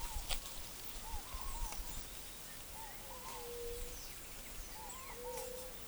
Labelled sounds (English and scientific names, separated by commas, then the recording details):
Scaled Dove (Columbina squammata), White-tipped Dove (Leptotila verreauxi)
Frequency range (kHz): Scaled Dove (Columbina squammata) 0.6-1.1 kHz; White-tipped Dove (Leptotila verreauxi) 0.4-0.6 kHz
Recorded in forest near Pivijay, Magdalena, Colombia, on 6 June 2023 at 09:30
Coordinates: 10.467, -74.380
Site Z5-G034